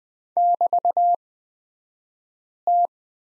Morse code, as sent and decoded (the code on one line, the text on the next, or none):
-...- -
<BT>T